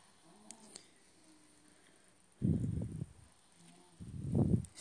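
A young boy snoring in the background: two low, rumbling snores, each lasting well under a second, against quiet room noise.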